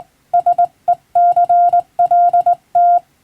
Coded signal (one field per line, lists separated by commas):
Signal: Morse code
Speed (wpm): 20 wpm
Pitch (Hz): 700 Hz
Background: none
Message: SECLT